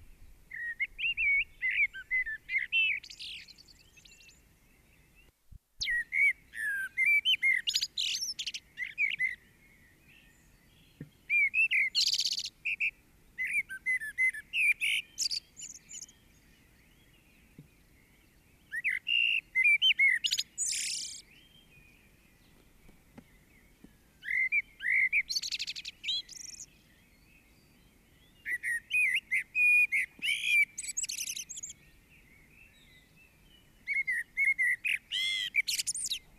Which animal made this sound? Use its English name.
Common Blackbird